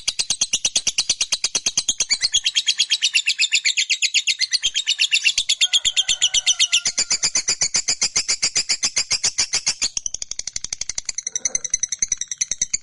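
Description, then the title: Lovebird delivering an extended, fast rattling chatter of harsh, high notes, steady and unbroken, with a faint lower sound partway. Fighter-type lovebird giving a long chattering ngekek call. "Begitu Dengar Suara Lovebird FIGHTER NGEKEK PANJANG"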